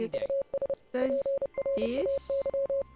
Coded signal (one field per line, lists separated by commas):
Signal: Morse code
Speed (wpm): 30 wpm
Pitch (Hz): 550 Hz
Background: speech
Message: US PRAY